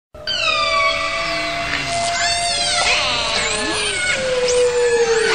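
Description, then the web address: Killer whale calls: long harmonic squealing tones with a steady lower voice, broken by quick rising and falling sweeps and short squeaks throughout. "kasatka"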